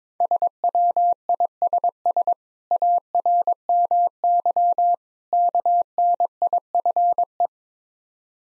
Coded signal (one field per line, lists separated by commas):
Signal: Morse code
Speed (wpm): 22 wpm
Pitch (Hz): 700 Hz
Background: none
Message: SWISS ARMY KNIFE